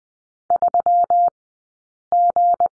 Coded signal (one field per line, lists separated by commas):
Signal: Morse code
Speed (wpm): 20 wpm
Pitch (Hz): 700 Hz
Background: none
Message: 3G